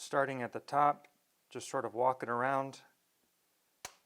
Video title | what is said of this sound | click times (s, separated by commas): Threedom Model S+ Assembly Video | and then it'll snap into place | 3.8 s